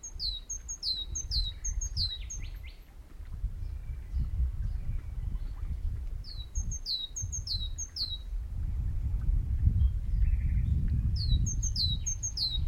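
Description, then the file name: Great tit calls in three separate bursts, each a fast series of sharp high notes sliding downward, with continuous low-pitched rumble underneath. "Parus major"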